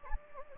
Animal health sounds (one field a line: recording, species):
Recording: mosquito wingbeat signal from an infrared sensor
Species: Anopheles gambiae